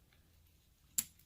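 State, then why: Seated. The male end of a metal cobra-style buckle on a duty belt is pushed into the female end. A sharp, bright snap lands at 0.99 s, and small ticks come just before and after it. The buckle snaps closed and seats firmly, so it won't come undone.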